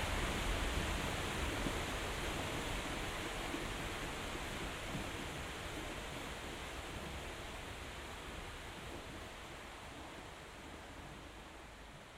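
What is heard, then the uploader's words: A binaural recording of the river Ohře/Eger: a dense, unbroken rush of water filling the whole range from low rumble to bright hiss. The sound stays steady throughout, with no distinct events, and grows slightly quieter over the twelve seconds. Binaural production. Generative soundscape based on a two-dimensional random walk between four binaural soundscapes recorded on the North Bohemian river Ohře/Eger between 16 and 18 May 2023.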